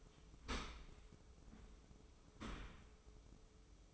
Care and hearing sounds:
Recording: daily activity, microphone in the room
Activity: open dishwasher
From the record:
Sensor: 1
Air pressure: 995.9 hPa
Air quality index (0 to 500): 61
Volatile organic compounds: 2 ppm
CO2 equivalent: 1223 ppm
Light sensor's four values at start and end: 32/111/43/45 and 32/111/43/45

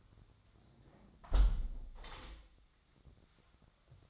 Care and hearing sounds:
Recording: daily activity, microphone in the room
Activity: close window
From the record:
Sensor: 3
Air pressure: 1006.5 hPa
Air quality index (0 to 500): 202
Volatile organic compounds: 17 ppm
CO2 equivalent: 2570 ppm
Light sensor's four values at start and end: 10/24/10/10 and 10/23/10/9

